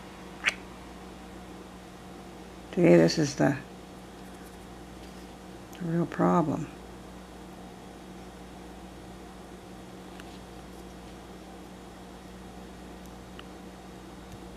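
A doll's eye mechanism with newly attached eyelashes is handled at its eye socket inside a doll head, but nothing has seated or clicked yet. Someone talks in two short bursts around 3 s and 6 s over a steady low hum, and faint small ticks come at about 10.2 s and 13.4 s.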